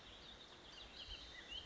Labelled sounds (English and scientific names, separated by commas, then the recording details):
Bullock's Oriole (Icterus bullockii)
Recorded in Sonoma County, California